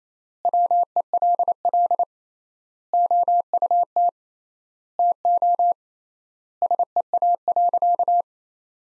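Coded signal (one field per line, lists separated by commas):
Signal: Morse code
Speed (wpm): 28 wpm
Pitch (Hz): 700 Hz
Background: none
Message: WELL OUT TO SEA.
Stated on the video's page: Morse practice sentences from the top 400 words at 28 wpm with 3x standard word spacing, a Farnsworth-like method applied to words for head-copy training.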